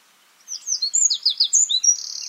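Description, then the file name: Eurasian wren singing a fast, high jumble of sharp notes followed by a bright buzzy trill near the end. "Troglodytes troglodytes"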